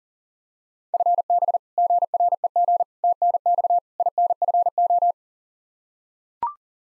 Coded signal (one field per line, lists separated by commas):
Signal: Morse code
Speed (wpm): 40 wpm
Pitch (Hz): 700 Hz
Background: none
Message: FB GREG TNX INFO